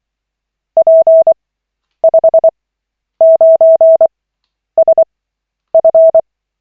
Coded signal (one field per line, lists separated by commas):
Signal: Morse code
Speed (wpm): 24 wpm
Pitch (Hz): 650 Hz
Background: none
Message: P59SF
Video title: Koch 28/40, 20.03.2025, CW practice session